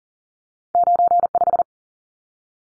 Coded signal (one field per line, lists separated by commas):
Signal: Morse code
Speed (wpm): 40 wpm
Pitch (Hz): 700 Hz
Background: none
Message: 95